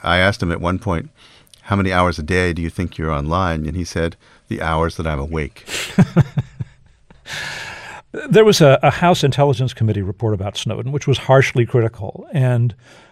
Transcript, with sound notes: I asked him at one point, how many hours a day do you think you're online? And he said the hours that I'm awake.
(Laughter) There was a House Intelligence Committee report about Snowden which was harshly critical.